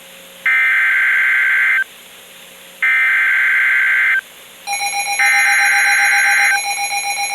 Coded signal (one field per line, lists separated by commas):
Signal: Emergency Alert System (SAME) tones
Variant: header bursts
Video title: SCHOOL SUCKS - EAS alerts 232-251